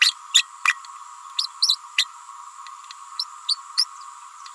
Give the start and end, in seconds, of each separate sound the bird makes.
0.01-0.14, 0.34-0.43, 0.65-0.73, 1.38-1.48, 1.62-1.77, 1.97-2.06, 3.19-3.25, 3.48-3.59, 3.77-3.85